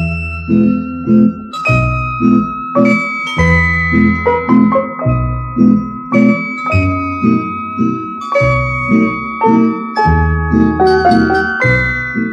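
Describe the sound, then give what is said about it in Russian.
Small golden bells worn on a girl's long arms ring out in a steady run of bright, clear tones, striking one after another in a melodic pattern with lingering shimmer, continuous and fairly loud, with no voices. “И было слышно, как тонко звенят золотые колокольчики на девочкиных длинных руках.”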